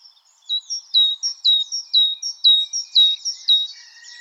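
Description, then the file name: Great tit producing a crisp see-saw song, a high note dropping to a lower one, repeated several times at an even pace. "Parus major"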